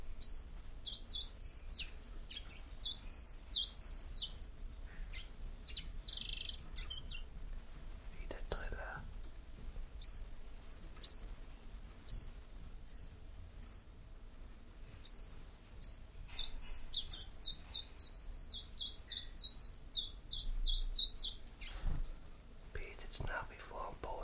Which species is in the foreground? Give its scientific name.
Phylloscopus collybita